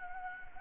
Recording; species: mosquito wingbeat signal from an infrared sensor; Anopheles gambiae